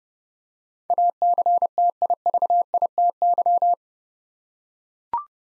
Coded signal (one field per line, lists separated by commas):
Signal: Morse code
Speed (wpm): 30 wpm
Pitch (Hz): 700 Hz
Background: none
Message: ACTIVITY